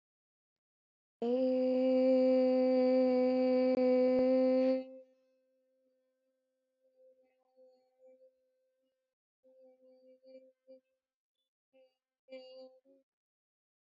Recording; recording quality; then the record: sustained vowel as in made; excellent, no background noise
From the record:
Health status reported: COVID-19 positive, no symptoms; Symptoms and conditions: none ticked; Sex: female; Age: 23 years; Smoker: not ticked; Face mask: worn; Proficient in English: yes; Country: India